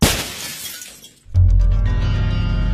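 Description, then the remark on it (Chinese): A red coral ornament, an imperial gift, is deliberately smashed with a sharp, bright crash, brittle fragments scattering and fading over about a second, then a loud, sustained, strongly pitched sound abruptly takes over. “算了，既然您赏了我，我也不能不给您面子，砸了听个响吧。”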